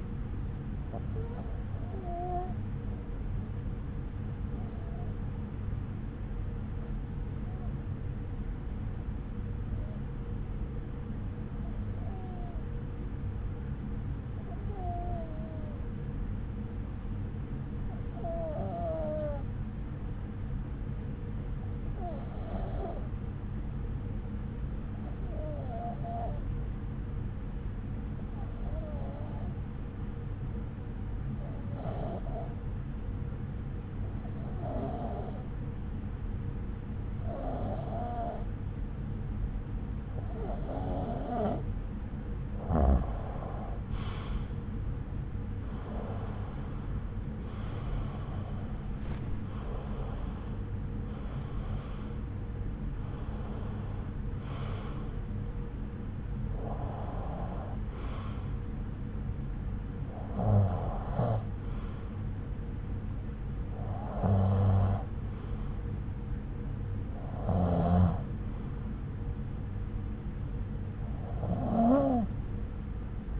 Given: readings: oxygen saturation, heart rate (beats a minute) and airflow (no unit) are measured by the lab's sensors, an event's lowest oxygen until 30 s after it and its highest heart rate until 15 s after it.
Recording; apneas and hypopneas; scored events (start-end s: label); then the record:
breathing in sleep by a smartphone at the bedside; 1
5.00-73.40 s: new sleep stage, REM sleep
6.00-44.00 s: hypopnea (REM, oxygen 95% highest, then 90% lowest)
From the record:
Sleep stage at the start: N1 (lightest sleep); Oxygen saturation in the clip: 90 to 95%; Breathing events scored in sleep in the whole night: 303 in 8.1 hours asleep